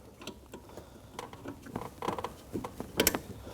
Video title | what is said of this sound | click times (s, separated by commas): How to Replace Front Bumper Impact Absorber 2011-2016 Kia Optima | Make sure you hear a click and just give it a light tug to make sure that it is nice and secure. | 3.1 s